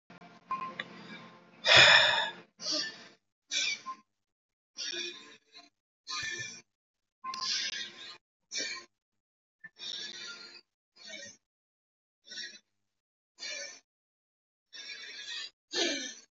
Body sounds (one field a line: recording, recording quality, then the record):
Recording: deep breathing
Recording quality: excellent, no background noise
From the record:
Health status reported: healthy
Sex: male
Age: 30 years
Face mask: not worn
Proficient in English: yes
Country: India